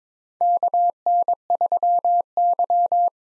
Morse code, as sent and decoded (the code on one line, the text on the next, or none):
-.- -. ...-- -.--
KN3Y